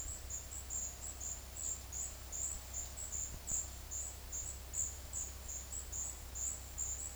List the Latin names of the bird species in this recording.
none